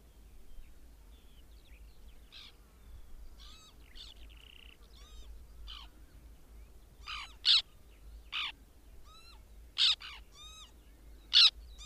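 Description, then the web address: White-winged tern: soft, thin arched notes and a short buzzy tone at first, then loud, rasping tern calls break in toward the end over a low hiss. "Madardalok Cd 3. Fehérszárnyú szerkő"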